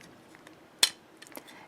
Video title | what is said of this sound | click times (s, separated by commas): How to Make Pom-poms with the Clover Pom-pom Maker | and they push out like this and then they snap back in and the same works | 0.8 s